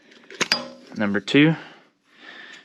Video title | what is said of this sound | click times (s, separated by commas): Moore Mafia ECU flash for Kawasaki Z650/Ninja650. Review and How to! | push it it clicks a little bit | 0.3 s, 0.5 s